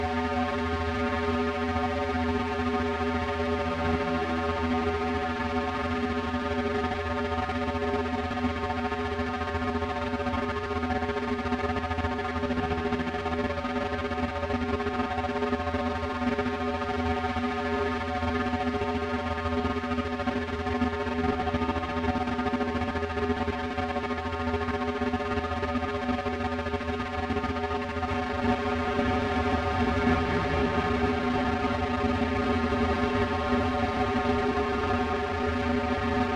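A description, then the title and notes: A drone holds for the whole clip: a thick stack of steady tones, from a low hum up to a bright, buzzing top layer. Loudness stays almost even, with a faint swell around thirty seconds and no separate events. Drone.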